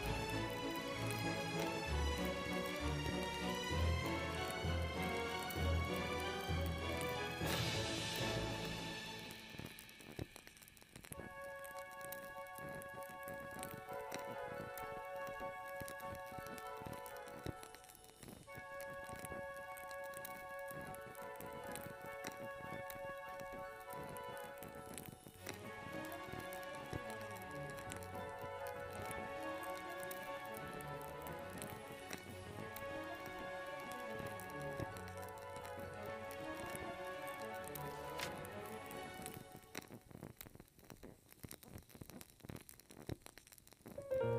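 Classical music plays throughout, opening with a full, busy passage over a low bass for the first nine seconds. It then settles into long, held notes that sustain steadily, with brief pauses near 18 and 25 seconds, and thins out after about 40 seconds.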